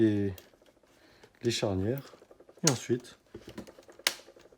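A plastic cover at the hinges of a Toshiba Satellite L50-B-1CD laptop is pressed onto the display lid during a screen replacement while someone talks. A few faint ticks come just before a sharp click at 4.1 s, when the cover clips into place and is seated.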